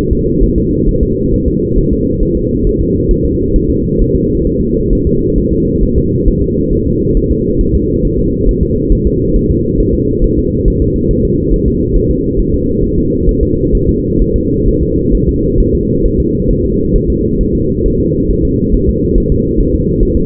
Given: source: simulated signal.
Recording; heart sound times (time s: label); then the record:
fetal heart sounds
0.13 s: S2
0.44 s: S1
0.58 s: S2
0.89 s: S1
1.03 s: S2
1.34 s: S1
1.48 s: S2
1.79 s: S1
1.93 s: S2
2.23 s: S1
2.37 s: S2
2.67 s: S1
2.81 s: S2
3.11 s: S1
3.25 s: S2
3.56 s: S1
3.70 s: S2
4.02 s: S1
4.16 s: S2
4.47 s: S1
4.61 s: S2
4.93 s: S1
5.07 s: S2
5.38 s: S1
5.53 s: S2
5.84 s: S1
5.98 s: S2
6.28 s: S1
6.43 s: S2
6.73 s: S1
6.87 s: S2
7.17 s: S1
7.31 s: S2
7.61 s: S1
7.75 s: S2
8.05 s: S1
8.19 s: S2
8.49 s: S1
8.63 s: S2
8.93 s: S1
9.07 s: S2
9.36 s: S1
9.51 s: S2
9.81 s: S1
9.95 s: S2
10.24 s: S1
10.39 s: S2
10.68 s: S1
10.82 s: S2
11.11 s: S1
11.25 s: S2
11.54 s: S1
11.68 s: S2
11.96 s: S1
12.11 s: S2
12.40 s: S1
12.54 s: S2
12.84 s: S1
12.98 s: S2
13.29 s: S1
13.43 s: S2
13.75 s: S1
13.89 s: S2
14.22 s: S1
14.36 s: S2
14.68 s: S1
14.83 s: S2
15.15 s: S1
15.29 s: S2
15.61 s: S1
15.75 s: S2
16.06 s: S1
16.20 s: S2
16.51 s: S1
16.65 s: S2
16.96 s: S1
17.10 s: S2
17.41 s: S1
17.55 s: S2
17.86 s: S1
18.00 s: S2
18.31 s: S1
18.45 s: S2
18.75 s: S1
18.89 s: S2
19.18 s: S1
19.32 s: S2
19.60 s: S1
19.75 s: S2
20.03 s: S1
20.17 s: S2
From the record:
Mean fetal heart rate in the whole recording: 135 bpm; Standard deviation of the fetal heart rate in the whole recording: 3 bpm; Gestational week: 36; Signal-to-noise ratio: -10.2 dB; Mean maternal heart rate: 72 bpm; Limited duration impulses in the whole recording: present